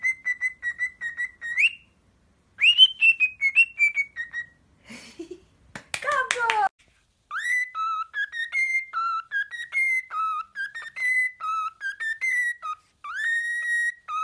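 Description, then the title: Cockatiel whistled song, long sequences of steady and alternating whistles, interrupted midway by a brief burst of harsh noisy sounds. "Calopsitas Cantando Assobio"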